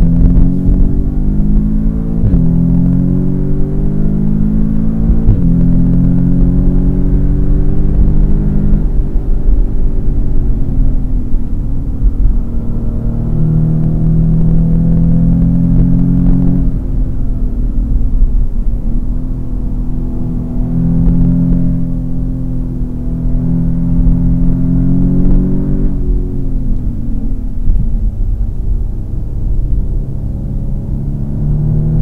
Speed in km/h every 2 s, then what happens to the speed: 93, 113, 131, 146, 147, 121, 119, 130, 119, 94, 96, 94, 105, 80, 74, 88.
0-7 speeds up to 147. 8-10 brakes to 121. 10-15 speeds up to 130. 15-18 brakes to 94. 18-24 speeds up to 105. 24-27 brakes to 74. 27-32 speeds up to 88.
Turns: 27-32.